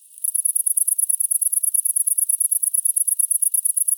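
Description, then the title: Great green bush-cricket song starting after a brief hush, then a steady high buzzy stream of quick evenly spaced pulses lasting the rest. Recorded at Apt, Vaucluse, France, in June 2010. "Sylvain Jaskowiak - Animus. Grande sauterelle verte - Apt , Vaucluse - juin 2010"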